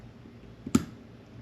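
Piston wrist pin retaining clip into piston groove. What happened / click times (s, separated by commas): The retaining clip snapped into its groove / 0.8 s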